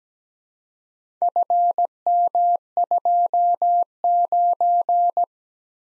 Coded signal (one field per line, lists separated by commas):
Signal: Morse code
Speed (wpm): 17 wpm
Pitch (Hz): 700 Hz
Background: none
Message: FM29